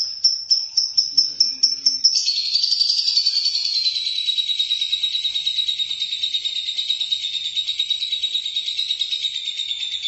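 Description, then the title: Lovebird chattering song: several sharp high chirps, then a long unbroken rapid buzzy trill that drifts slightly lower in pitch over about eight seconds. "BM Suara Burung Lovebird"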